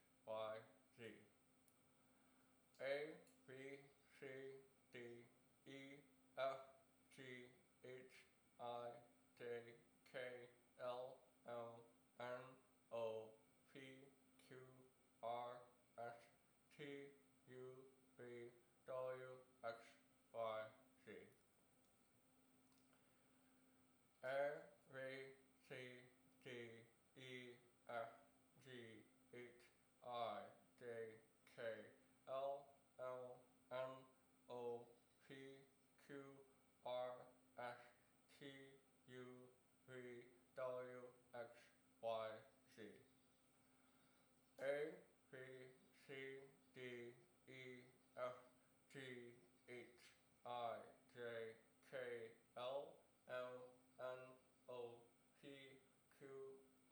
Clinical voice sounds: letters of the alphabet, spoken; constrained by a bite bar between the teeth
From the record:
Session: first day, right after the free take

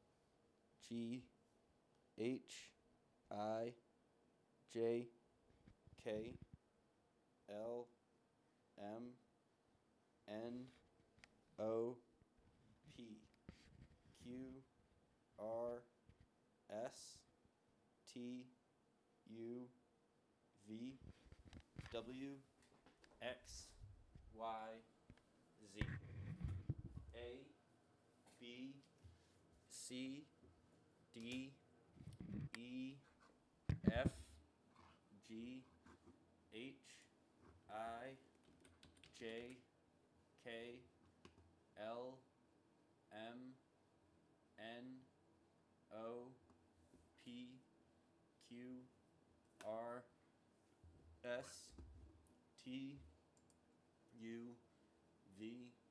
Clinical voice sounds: letters of the alphabet, spoken; free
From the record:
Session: seven days later

